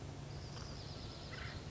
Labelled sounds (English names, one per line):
Acorn Woodpecker